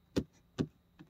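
A piece of a plastic collectible figure is pushed with full force into its socket in the figure body, because it fits tightly. Two sharp hits at 0.2 s and 0.6 s mark the part going home, followed by a softer tap at 1.0 s. The piece ends up fully fitted and seated.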